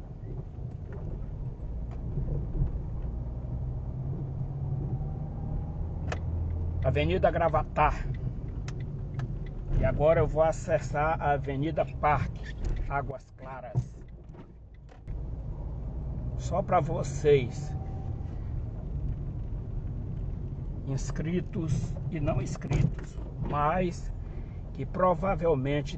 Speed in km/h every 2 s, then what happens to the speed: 21, 27, 33, 31, 19, 19, 15, 25, 20, 26, 14, 16, 23.
0-4 speeds up to 33. 4-11 slows to 15. 16-20 slows to 14. 21-26 speeds up to 23.